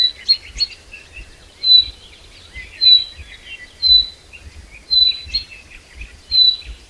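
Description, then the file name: Common chaffinch giving a series of short whistled calls about a second apart, amid busy, softer chirping. "Fringilla coelebs"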